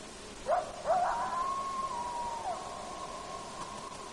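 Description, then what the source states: Coyote howl: a few short rising yips lead into a long, steady howl that falls away at the end, over a constant background hiss. Recorded in Alaska at night, 9 August 2018.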